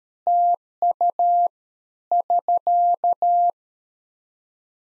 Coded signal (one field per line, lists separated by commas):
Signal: Morse code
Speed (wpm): 13 wpm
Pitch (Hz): 700 Hz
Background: none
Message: TU <SK>